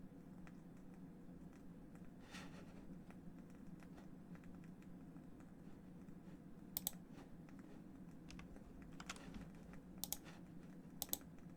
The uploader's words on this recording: ASMR Keyboard sounds & mouse sounds No Talking.